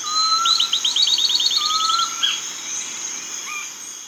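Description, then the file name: Bird call: a rapid high trill of repeated notes alongside lower whistled notes and brief chirps, with a constant high drone behind. "SABIOD 50 bird 2015"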